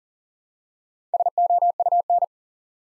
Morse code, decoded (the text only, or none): SOUN